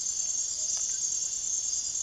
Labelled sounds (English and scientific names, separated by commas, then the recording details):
none
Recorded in secondary vegetation near Puerto Asís, Putumayo, Colombia, on 22 June 2025 at 00:30
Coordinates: 0.489, -76.322
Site G021